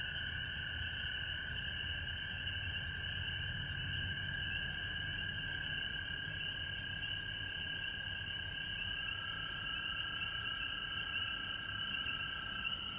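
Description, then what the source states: Frog chorus of continuous overlapping trills at two pitches, over a steady high-pitched hiss and faint low rumble. Recorded at home in Georgia on March 19, 2020.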